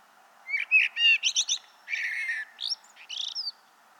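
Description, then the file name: Common blackbird song: mellow warbled phrases, then a squeaky, scratchy high twitter, over a steady background hiss. "Turdus merula"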